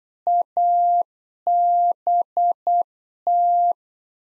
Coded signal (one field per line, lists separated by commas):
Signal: Morse code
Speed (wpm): 8 wpm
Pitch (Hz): 700 Hz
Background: none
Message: ABT